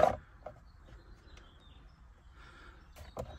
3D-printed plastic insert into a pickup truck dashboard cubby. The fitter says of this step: and that pops right in and snaps fit into place